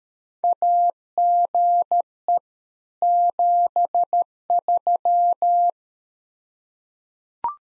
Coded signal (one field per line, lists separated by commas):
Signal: Morse code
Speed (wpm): 13 wpm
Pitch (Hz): 700 Hz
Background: none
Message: AGE 73